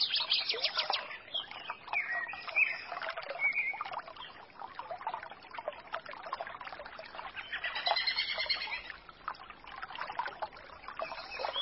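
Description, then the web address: Bird singing brief whistled and chirping phrases at intervals above the continuous babble of a small spring. Birdsong beside a babbling spring. "sonido de un manantial balbuceante y canto de pajaros"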